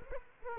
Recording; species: mosquito wingbeat signal from an infrared sensor; Culex quinquefasciatus